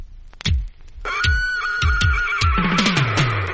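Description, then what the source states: Horse whinny: one long, high neigh held fairly steady for over two seconds and running to the end, over repeated low thuds and some soft knocks. Recorded on 26 April 2015.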